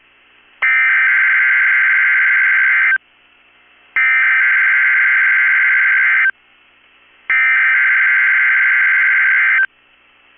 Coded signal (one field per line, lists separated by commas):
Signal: Emergency Alert System (SAME) tones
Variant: header bursts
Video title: 3/29/23 - KEC65 Required Weekly Test (EAS #738)